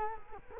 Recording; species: mosquito wingbeat signal from an infrared sensor; Culex quinquefasciatus